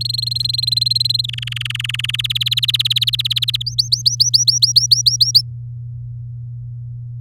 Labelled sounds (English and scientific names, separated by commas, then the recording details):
Domestic Canary (Serinus canaria) song
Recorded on 9 May 2018 at 09:17
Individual llb16